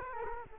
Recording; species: mosquito wingbeat signal from an infrared sensor; Culex quinquefasciatus